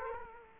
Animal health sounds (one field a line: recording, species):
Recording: mosquito wingbeat signal from an infrared sensor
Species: Culex quinquefasciatus